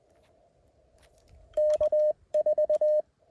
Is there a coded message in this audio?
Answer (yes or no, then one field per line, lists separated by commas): yes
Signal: Morse code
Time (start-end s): 1.6-3.0 s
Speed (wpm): 20 wpm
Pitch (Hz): 610 Hz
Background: none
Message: K4